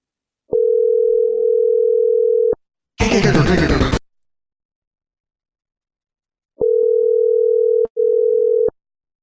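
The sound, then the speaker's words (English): A steady, low-pitched telephone dial tone hums for about two seconds during a prank phone call to Elite Pool, cut off by a loud burst of harsh static, then returns after a pause in two short stretches. “I think it's time for a prank phone call.”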